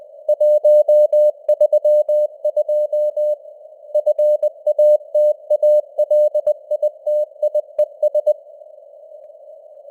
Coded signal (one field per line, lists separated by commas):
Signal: Morse code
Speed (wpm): 20 wpm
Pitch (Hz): 600 Hz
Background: none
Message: 132 FATALITIES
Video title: Morse Code News | 2025-10-29 | 20wpm